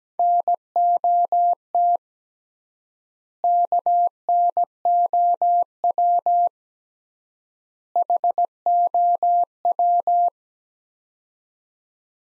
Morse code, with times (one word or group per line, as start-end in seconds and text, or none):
0.2-2.0 NOT
3.4-6.5 KNOW
8.0-10.3 HOW